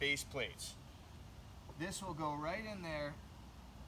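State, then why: Not seated. A plastic rod holder mount is being handled at a square accessory base plate on a paddleboard, ready to be pushed on, while a man talks over a low steady background hum. Nothing has seated or clicked yet.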